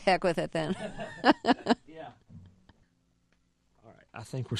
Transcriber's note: laughter